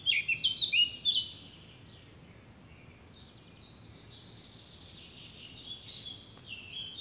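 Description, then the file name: Eurasian blackcap giving a quick burst of high, twittering warbled notes in the first second or so, then only faint thin notes over a steady background hiss. "Sylvia atricapilla"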